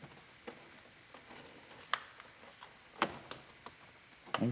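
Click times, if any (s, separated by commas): 1.9 s, 3.0 s, 4.3 s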